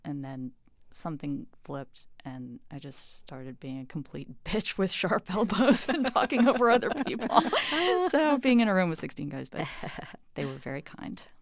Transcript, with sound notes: And then, something flipped. And I just started being a complete bitch with sharp elbows...
(LAUGHTER)
...And talking over other people. So being in a room with 16 guys - but they were very kind.